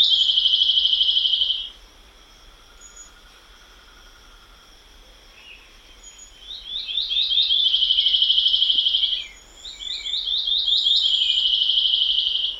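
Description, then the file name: Policia-do-mato song: a dense high buzzy trill, then a pause and a second long trill broken into rapid stuttering rising notes, with a faint steady high whine throughout. "canto da policia do mato"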